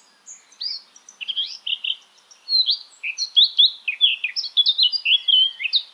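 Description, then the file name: Eurasian blackcap song: a rich, fast warble of varied chirps and short whistled notes, building after a quiet start and running almost continuously to the end. "Sylvia atricapilla"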